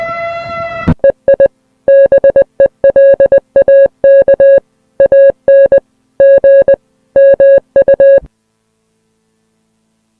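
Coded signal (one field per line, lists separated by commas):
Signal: Morse code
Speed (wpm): 20 wpm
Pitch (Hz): 550 Hz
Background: music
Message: EI BELAKANG MU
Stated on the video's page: Fictional emergency alert scenario for Malaysian television.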